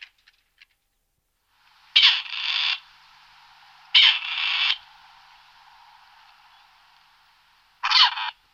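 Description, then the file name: Grey partridge giving three harsh, creaking rasps spaced two to four seconds apart. "Golosa ptic - Seraya kuropatka Perdix perdix (Zvyki com)"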